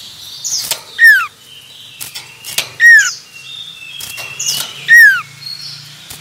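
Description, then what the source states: Common iora song: downslurred whistled notes repeated roughly every two seconds, with other birds calling and a faint low hum. Male.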